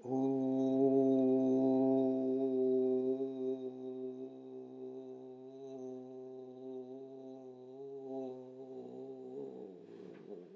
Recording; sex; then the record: sustained vowel /u/; male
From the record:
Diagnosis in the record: healthy control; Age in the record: 77 years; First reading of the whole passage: 68 s, 7.6 characters per second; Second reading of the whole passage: 60 s, 8.3 characters per second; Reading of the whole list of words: 67 s, 4.2 characters per second